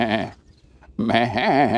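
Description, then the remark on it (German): Two-horned sheep with metal ear tags, on the Hamburger Hallig, bleat twice: a short call, then after a brief pause a longer, wavering, quavering bleat with a bright, nasal tone. No one speaks. “Aha, mäh, guck da, ne? Aha, ich kann eure Sprache.”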